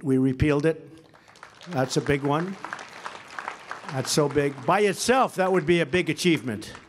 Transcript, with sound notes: We repealed it. That’s a big one. (Applause.) That’s so big. By itself, that would be a big achievement.